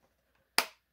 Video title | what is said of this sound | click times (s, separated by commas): Model #38 Episode 7: Assembling Voyager On the Stand | that was a satisfying snap that's good let's try the other side | 0.6 s